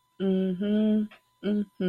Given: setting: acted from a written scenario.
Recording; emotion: vocal sound without words; pride